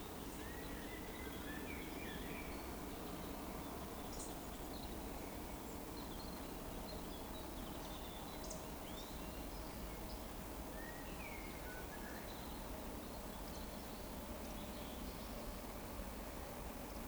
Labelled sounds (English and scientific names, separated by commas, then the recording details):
Eurasian Woodcock (Scolopax rusticola) whistle
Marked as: whistle, whistle, whistle, whistle, whistle, whistle
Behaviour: display flight
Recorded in Baden-Württemberg, Germany, on 12 June 2020 at 20:00 UTC
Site 14569, 102 m above sea level